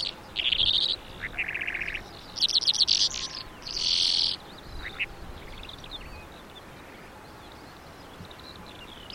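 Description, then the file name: Calandra lark singing in short bursts of harsh, buzzy and twittering phrases over the first few seconds, then only faint chirps remain. "suara kicauan calandra lark"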